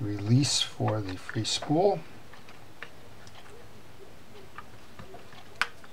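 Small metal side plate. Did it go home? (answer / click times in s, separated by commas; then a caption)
yes / 5.6 s. Someone talks briefly while reassembling an Abu Ambassadeur 7000 baitcasting fishing reel, lining up the hole in the case with the free spool release and pushing the side plate home onto the reel frame. A few faint ticks follow in a quiet stretch, then a sharp, bright snap at 5.6 s as the side plate seats into place.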